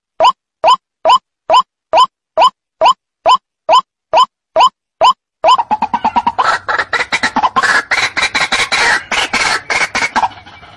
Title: Pikat Ruak Ruak